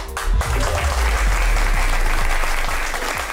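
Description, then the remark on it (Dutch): A live audience in Café de Troubadour in Hardenberg applauding steadily, a dense wash of many hands clapping at a loud, even level throughout, with no voices standing out. “U hoort het publiek hier in Café de Troubadour in Hardenberg heeft er zin in.”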